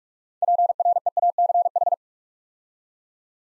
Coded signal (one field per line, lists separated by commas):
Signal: Morse code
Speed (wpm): 44 wpm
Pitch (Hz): 700 Hz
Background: none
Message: PREACH